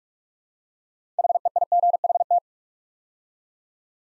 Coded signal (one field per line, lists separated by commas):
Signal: Morse code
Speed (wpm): 44 wpm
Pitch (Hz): 700 Hz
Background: none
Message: HEIGHT